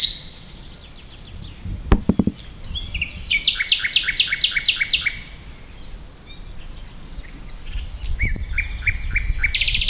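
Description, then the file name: Common nightingale song: varied phrases with a fast series of loud repeated notes, then thin whistles and more chattering elements. "Luscinia megarhynchos"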